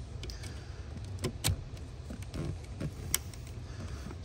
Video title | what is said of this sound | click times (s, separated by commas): 2000 Honda Prelude Crank/No Start | get that screwed in but got it in there got it tight we'll plug this in here snapped | 3.1 s